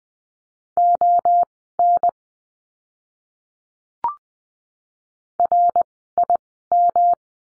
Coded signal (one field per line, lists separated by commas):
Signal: Morse code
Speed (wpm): 20 wpm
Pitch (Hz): 700 Hz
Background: none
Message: ON RIM